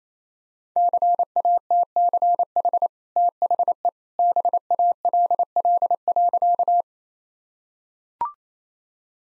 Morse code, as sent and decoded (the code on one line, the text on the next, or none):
-.-. .- - -.-. .... / - .... . / -... .- .-.. .-.. .-.-.-
CATCH THE BALL.